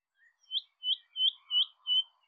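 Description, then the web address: Bird call: five short clear whistled notes, evenly spaced about a third of a second apart. "cianscape birddata Deverinetal 2025"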